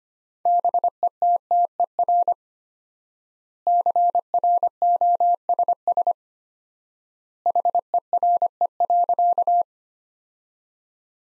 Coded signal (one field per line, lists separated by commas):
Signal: Morse code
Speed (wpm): 25 wpm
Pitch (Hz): 700 Hz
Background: none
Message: BETTER CROSS HERE.